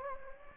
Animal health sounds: mosquito wingbeat signal from an infrared sensor; Anopheles gambiae

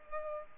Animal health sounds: mosquito wingbeat signal from an infrared sensor; Culex pipiens

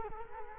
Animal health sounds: mosquito wingbeat signal from an infrared sensor; Culex quinquefasciatus

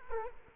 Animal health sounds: mosquito wingbeat signal from an infrared sensor; Culex quinquefasciatus

